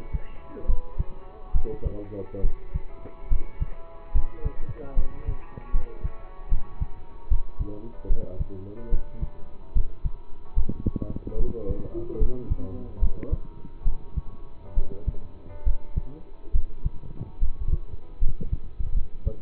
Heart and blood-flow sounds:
heart sounds by stethoscope; between the tricuspid and mitral areas; 72 bpm
0.66 s: heartbeat
1.52 s: heartbeat
2.41 s: heartbeat
3.28 s: heartbeat
4.12 s: heartbeat
4.94 s: heartbeat
5.71 s: heartbeat
6.49 s: heartbeat
7.28 s: heartbeat
8.07 s: heartbeat
8.89 s: heartbeat
9.73 s: heartbeat
10.54 s: heartbeat
11.36 s: heartbeat
12.18 s: heartbeat
12.99 s: heartbeat
13.83 s: heartbeat
14.74 s: heartbeat
15.63 s: heartbeat
16.51 s: heartbeat
17.39 s: heartbeat
18.19 s: heartbeat
18.93 s: heartbeat
From the record:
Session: rest, lying down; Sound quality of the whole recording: partially saturated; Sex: male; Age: 27 years

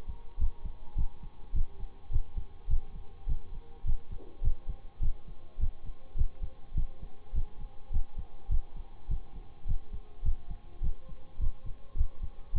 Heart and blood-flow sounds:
heart sounds by stethoscope; between the tricuspid and mitral areas; 104 bpm
0.38 s: heartbeat
0.96 s: heartbeat
1.53 s: heartbeat
2.10 s: heartbeat
2.68 s: heartbeat
3.27 s: heartbeat
3.85 s: heartbeat
4.42 s: heartbeat
5.01 s: heartbeat
5.59 s: heartbeat
6.16 s: heartbeat
6.75 s: heartbeat
7.33 s: heartbeat
7.91 s: heartbeat
8.49 s: heartbeat
9.08 s: heartbeat
9.66 s: heartbeat
10.23 s: heartbeat
10.81 s: heartbeat
11.39 s: heartbeat
11.96 s: heartbeat
12.54 s: heartbeat
From the record:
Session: bicycle stress test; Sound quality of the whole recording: good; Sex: male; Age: 26 years

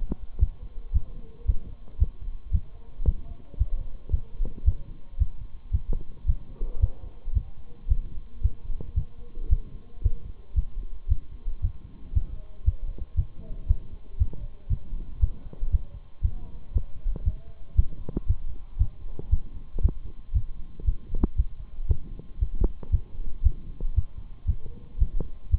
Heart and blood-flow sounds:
heart sounds by stethoscope; between the tricuspid and mitral areas; 115 bpm
0.41 s: heartbeat
0.95 s: heartbeat
1.47 s: heartbeat
2.00 s: heartbeat
2.53 s: heartbeat
3.07 s: heartbeat
3.59 s: heartbeat
4.12 s: heartbeat
4.66 s: heartbeat
5.20 s: heartbeat
5.73 s: heartbeat
6.28 s: heartbeat
6.81 s: heartbeat
7.35 s: heartbeat
7.90 s: heartbeat
8.43 s: heartbeat
8.96 s: heartbeat
9.51 s: heartbeat
10.03 s: heartbeat
10.56 s: heartbeat
11.10 s: heartbeat
11.62 s: heartbeat
12.15 s: heartbeat
12.66 s: heartbeat
13.17 s: heartbeat
13.68 s: heartbeat
14.19 s: heartbeat
14.70 s: heartbeat
15.21 s: heartbeat
15.72 s: heartbeat
16.23 s: heartbeat
16.74 s: heartbeat
17.25 s: heartbeat
17.77 s: heartbeat
18.28 s: heartbeat
18.79 s: heartbeat
19.31 s: heartbeat
19.83 s: heartbeat
20.35 s: heartbeat
20.86 s: heartbeat
21.38 s: heartbeat
21.89 s: heartbeat
22.41 s: heartbeat
22.92 s: heartbeat
23.44 s: heartbeat
23.96 s: heartbeat
24.48 s: heartbeat
25.00 s: heartbeat
25.52 s: heartbeat
From the record:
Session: Bruce protocol treadmill stress test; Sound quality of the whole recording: partially saturated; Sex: male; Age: 23 years

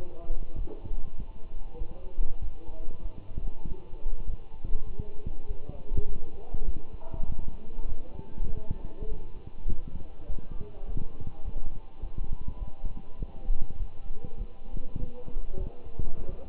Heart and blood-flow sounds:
heart sounds by stethoscope; between the tricuspid and mitral areas; 100 bpm
0.57 s: heartbeat
1.17 s: heartbeat
1.79 s: heartbeat
2.41 s: heartbeat
3.03 s: heartbeat
3.65 s: heartbeat
4.27 s: heartbeat
4.87 s: heartbeat
5.48 s: heartbeat
6.07 s: heartbeat
6.66 s: heartbeat
7.26 s: heartbeat
7.88 s: heartbeat
8.48 s: heartbeat
9.09 s: heartbeat
9.69 s: heartbeat
10.28 s: heartbeat
10.86 s: heartbeat
11.44 s: heartbeat
12.01 s: heartbeat
12.59 s: heartbeat
13.19 s: heartbeat
13.79 s: heartbeat
14.38 s: heartbeat
14.99 s: heartbeat
15.59 s: heartbeat
16.19 s: heartbeat
From the record:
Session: walking at 3.7 km/h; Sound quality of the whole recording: good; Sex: male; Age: 24 years

